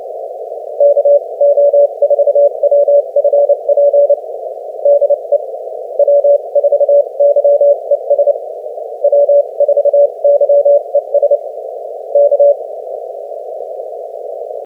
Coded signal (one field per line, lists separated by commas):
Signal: Morse code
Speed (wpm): 28 wpm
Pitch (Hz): 570 Hz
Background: none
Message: KO4WFP DE W4YES W4YES K